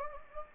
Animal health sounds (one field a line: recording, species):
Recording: mosquito wingbeat signal from an infrared sensor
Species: Anopheles gambiae